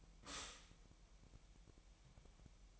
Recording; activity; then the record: daily activity, microphone in the room; stop toaster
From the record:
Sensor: 1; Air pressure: 1002.0 hPa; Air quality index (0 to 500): 240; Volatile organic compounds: 45 ppm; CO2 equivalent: 3222 ppm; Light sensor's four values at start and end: 10/35/12/14 and 10/35/12/14